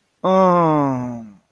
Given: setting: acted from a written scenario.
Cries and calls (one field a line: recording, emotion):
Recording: vocal sound without words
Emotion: relief